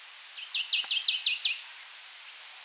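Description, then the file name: Marsh tit giving a rapid series of about six loud, falling chipping notes, evenly spaced, followed by a few faint high bird sounds. "Poecile palustris"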